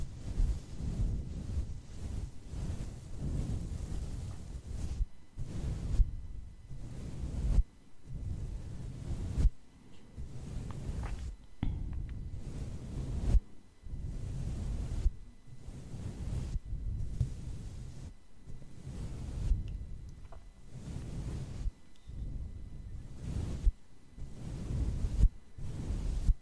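Face brushing in repeated low, rumbling strokes lasting one to three seconds each, separated by brief silent gaps throughout.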